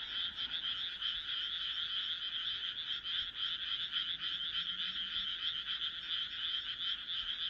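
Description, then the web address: Frogs croaking en masse, a steady, smeared rattling chorus with faintly audible individual pulses. "kaeru kaeru"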